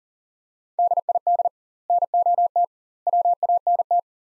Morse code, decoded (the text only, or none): DID NOT WANT